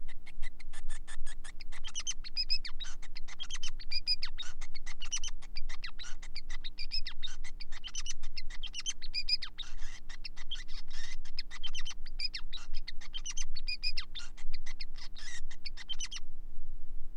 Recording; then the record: song of a male Bengalese finch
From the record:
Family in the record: son of father 5